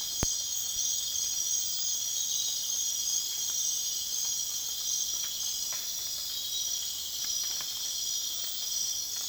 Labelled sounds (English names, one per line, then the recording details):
none
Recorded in dense forest near Puerto Asís, Putumayo, Colombia, on 19 June 2025 at 22:00
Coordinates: 0.466, -76.327
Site GP04